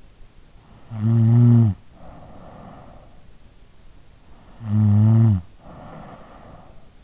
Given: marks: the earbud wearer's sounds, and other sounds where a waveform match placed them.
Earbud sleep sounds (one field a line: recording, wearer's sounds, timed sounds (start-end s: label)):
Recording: sounds in sleep by an in-ear microphone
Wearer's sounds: snoring breath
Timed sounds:
0.77-2.98 s: snoring breath
4.56-6.64 s: snoring breath